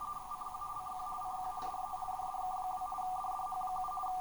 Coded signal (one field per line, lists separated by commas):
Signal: RTTY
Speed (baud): 50 baud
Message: CQ Q CQ DE DDK2 DDH7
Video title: Réception RTTY